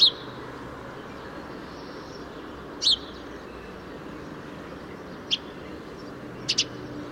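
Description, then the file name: House sparrow chirps, short high notes at irregular intervals, two close together near the end, over low continuous background noise. "Passer domesticus"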